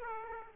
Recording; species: mosquito wingbeat signal from an infrared sensor; Aedes aegypti